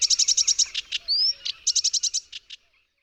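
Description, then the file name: Short burst of sedge warbler song: quick repeated buzzy notes, a clear rising whistle, another fast series of notes, then silence. "Rokitniczka"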